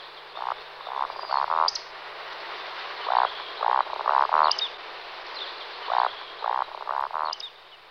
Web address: Golosa ptic valdsnep